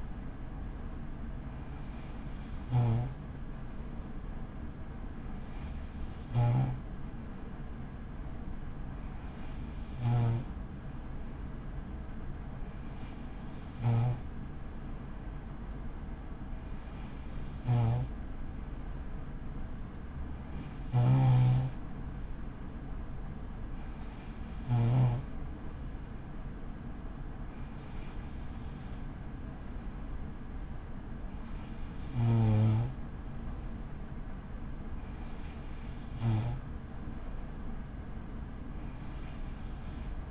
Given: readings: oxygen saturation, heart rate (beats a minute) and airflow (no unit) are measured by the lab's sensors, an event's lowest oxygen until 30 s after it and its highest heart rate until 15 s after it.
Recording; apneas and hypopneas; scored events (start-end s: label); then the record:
breathing in sleep by a smartphone at the bedside; none
none scored
From the record:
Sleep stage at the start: N2 (light sleep); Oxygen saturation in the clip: 94 to 95%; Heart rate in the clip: 47 to 58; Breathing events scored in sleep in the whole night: 83 in 6.1 hours asleep